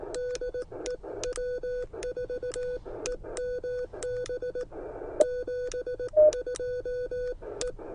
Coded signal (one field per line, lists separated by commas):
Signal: Morse code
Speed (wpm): 18 wpm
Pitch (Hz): 500 Hz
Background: none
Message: DE W4EMB 72E